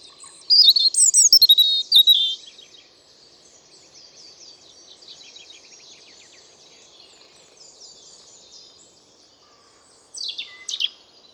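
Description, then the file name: European robin singing a loud, varied phrase of high, liquid trills and thin whistles, then a quiet pause before a shorter burst of sharp, tumbling notes near the end. "Erithacus rubecula"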